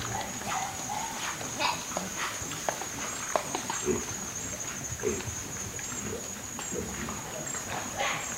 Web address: Natures Songs S America Mammals of the Rainforest White-lipped peccary